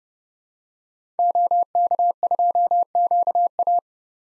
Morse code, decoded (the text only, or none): OK2QA